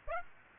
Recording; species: mosquito wingbeat signal from an infrared sensor; Aedes aegypti